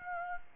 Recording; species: mosquito wingbeat signal from an infrared sensor; Aedes aegypti